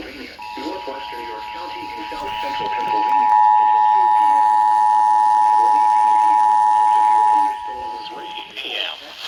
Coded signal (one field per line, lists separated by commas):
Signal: Emergency Alert System (SAME) tones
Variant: 853 and 960 Hz attention tone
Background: speech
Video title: THE MCV SHUFFLE... EAS Alerts from 5/20/22 (EAS #921-951)